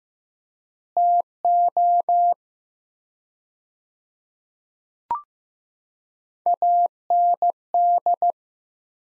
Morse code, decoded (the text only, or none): TO AND